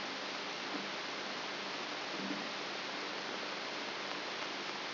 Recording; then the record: brain microelectrode recording played as sound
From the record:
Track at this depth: outside the subthalamic nucleus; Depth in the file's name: 6.501 mm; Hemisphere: left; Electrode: 3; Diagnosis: Parkinson's disease